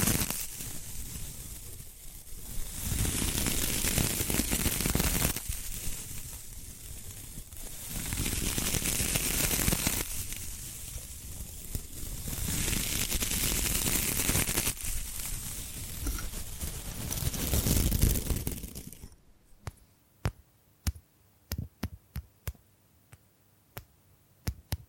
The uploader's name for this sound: Bamboo Tapping, Scratching and Brushing Sounds